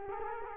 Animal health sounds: mosquito wingbeat signal from an infrared sensor; Culex quinquefasciatus

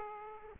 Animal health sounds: mosquito wingbeat signal from an infrared sensor; Aedes aegypti

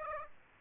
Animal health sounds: mosquito wingbeat signal from an infrared sensor; Aedes aegypti

